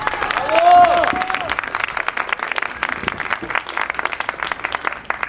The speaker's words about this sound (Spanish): Un aplauso nuevamente.